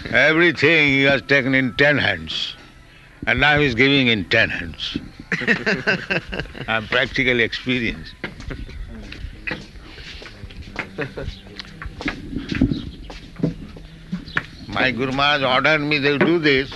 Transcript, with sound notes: Everything He has taken in ten hands, and now He is giving in ten hands. [laughter] I am practically experiencing. My Guru Mahārāja ordered me, "You do this."